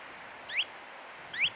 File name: Gravelot-à-collier-interrompu-Charadrius-alexandrinus